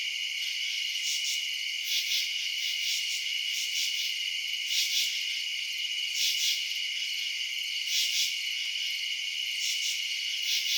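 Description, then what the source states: Crickets chirp in a dense high chorus, steady trill underneath and clusters of louder pulses repeating irregularly. Crickets recorded at night in residential suburbs.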